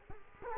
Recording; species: mosquito wingbeat signal from an infrared sensor; Culex quinquefasciatus